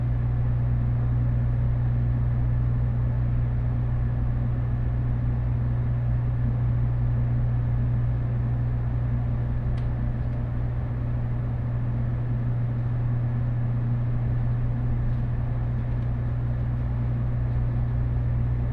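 Interior of the Huis Ten Bosch limited express train running from Huis Ten Bosch toward Takeo Onsen. A steady, heavy low rumble and hum fill the whole clip with little change, over a dense rushing noise. A faint click or tick sounds around ten seconds, with a few softer ones later.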